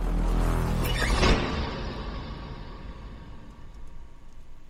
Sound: door slamming

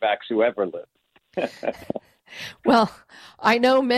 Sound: laughs

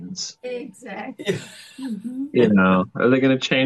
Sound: laughs

